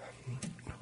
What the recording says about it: My sneeze. I pressed my mic button rather than the cough button, didn't I? It just hit me, and I hit the wrong button.